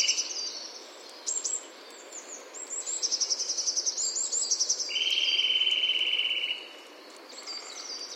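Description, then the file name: Eurasian nuthatch heard in one rapid, level trill of quick repeated notes, amid a busy chorus of high chirping and twittering birds. "Sitta europaea"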